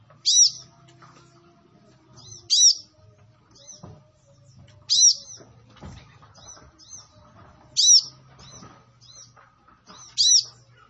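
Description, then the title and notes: Sunbird giving sharp, high chirps in short bursts about every two and a half seconds, with a low steady hum and faint scattered twitters between. Kolibri Ninja singing actively, full song with bursts (isian and tembakan), used for training and as a lure to prompt other birds to sing. "MASTERAN KOLIBRI NINJA FULL ISIAN DAN TEMBAKAN COCOK BUAT PANCINGAN. Suara Burung Kolibri Ninja Gacor"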